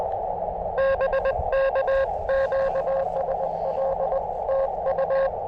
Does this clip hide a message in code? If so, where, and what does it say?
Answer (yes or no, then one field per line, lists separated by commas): yes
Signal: Morse code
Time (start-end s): 0.8-5.3 s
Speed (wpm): 20 wpm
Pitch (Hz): 540 Hz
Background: radio noise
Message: BK QSL TU